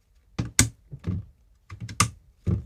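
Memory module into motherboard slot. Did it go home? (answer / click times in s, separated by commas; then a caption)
yes / 0.6 s, 2.0 s. A second RAM memory stick is pushed into the motherboard slot until the latches click. Softer knocks and taps are heard, with loud, sharp clicks at 0.6 s and 2.0 s. The memory stick is seated.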